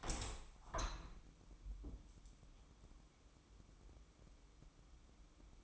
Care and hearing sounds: daily activity, microphone in the room; open window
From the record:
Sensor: 1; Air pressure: 1000.5 hPa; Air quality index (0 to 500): 159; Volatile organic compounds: 3 ppm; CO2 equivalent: 1468 ppm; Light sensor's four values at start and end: 10/26/10/12 and 11/27/11/13

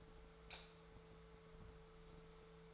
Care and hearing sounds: daily activity, microphone in the room; light off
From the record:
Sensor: 3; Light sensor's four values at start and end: 42/107/46/48 and 39/98/42/45

